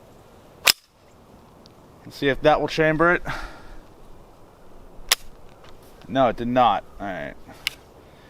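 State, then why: Partly seated. Someone talks while handling the magazine in the magazine well of an Intratec Tec 9 pistol after the pistol fails to chamber a round, with sharp mechanical clacks near 0.7 s and 5.1 s. One sharp metallic hit lands at 7.7 s. The magazine is still not fully seated, which is why the round did not chamber.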